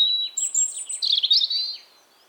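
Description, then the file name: European robin song: a brief, very high tumbling phrase of liquid slurred notes and a thin sustained whistle above. "Erithacus rubecula 240917"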